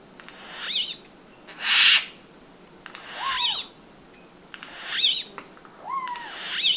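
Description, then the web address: Turquoise jay calling with a mix of short curved whistled notes and one broad, harsh burst, delivered in uneven bouts. Recorded in Ecuador, South America. "Natures Songs S America Birds of Ecuador Turquoise Jay"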